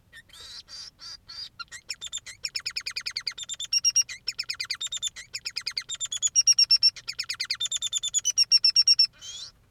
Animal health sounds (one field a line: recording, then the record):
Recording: song of a male Bengalese finch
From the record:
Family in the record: son of father 3